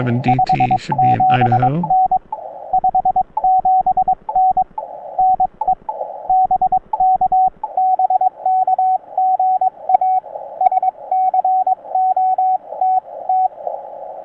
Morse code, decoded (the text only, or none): 57N 57N NE BK BK GA SCOTT